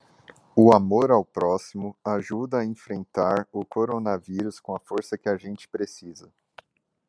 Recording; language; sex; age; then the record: spoken sentence; Brazilian Portuguese; male; 30 to 39 years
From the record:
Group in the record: control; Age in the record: 36 years